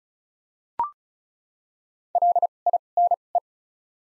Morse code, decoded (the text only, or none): L I N E